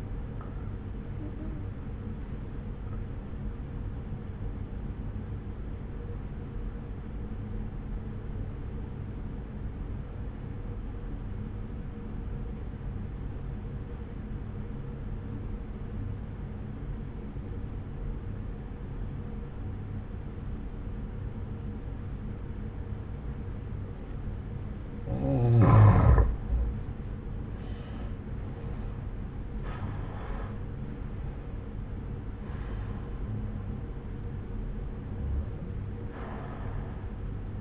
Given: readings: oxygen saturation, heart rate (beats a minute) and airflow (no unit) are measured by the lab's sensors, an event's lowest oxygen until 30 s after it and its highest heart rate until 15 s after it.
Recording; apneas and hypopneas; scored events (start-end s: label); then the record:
breathing in sleep by a smartphone at the bedside; 1
4.00-25.40 s: obstructive apnea (N1, oxygen 94% highest, then 89% lowest)
7.00-37.61 s: new sleep stage, N2 (light sleep)
From the record:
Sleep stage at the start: N1 (lightest sleep); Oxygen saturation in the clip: 85 to 94%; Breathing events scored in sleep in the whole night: 303 in 8.1 hours asleep